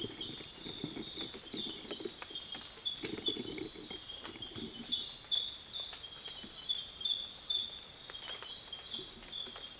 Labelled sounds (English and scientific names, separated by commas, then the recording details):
none
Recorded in dense forest near Puerto Asís, Putumayo, Colombia, on 20 December 2024 at 05:30
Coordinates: 0.482, -76.320
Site G021